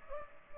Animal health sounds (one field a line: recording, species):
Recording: mosquito wingbeat signal from an infrared sensor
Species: Culex pipiens